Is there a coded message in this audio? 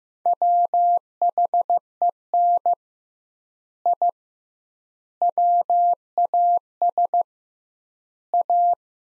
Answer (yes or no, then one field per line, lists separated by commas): yes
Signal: Morse code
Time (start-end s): 0.3-8.7 s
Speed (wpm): 15 wpm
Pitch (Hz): 700 Hz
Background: none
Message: WHEN I WAS A